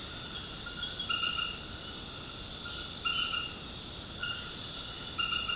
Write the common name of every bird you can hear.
none